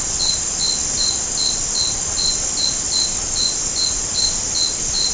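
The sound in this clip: Cricket chirping: short high pulses repeat steadily, a little more than twice a second, over a continuous shrill insect hiss and steady background noise.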